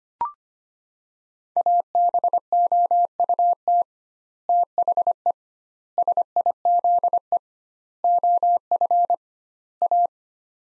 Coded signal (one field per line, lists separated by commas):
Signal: Morse code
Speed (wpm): 25 wpm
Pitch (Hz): 700 Hz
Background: none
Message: ABOUT THE SIZE OF A